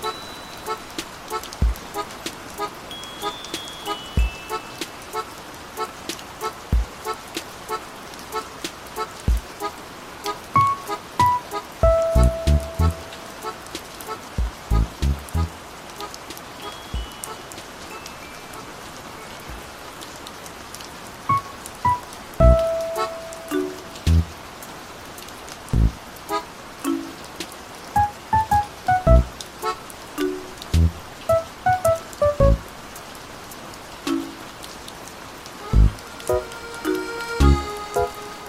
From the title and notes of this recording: AC relaxing rain sounds.